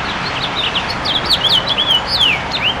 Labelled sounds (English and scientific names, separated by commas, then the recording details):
House Finch (Haemorhous mexicanus) song
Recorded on Long Island, New York, on 22 June 2012
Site AU
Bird A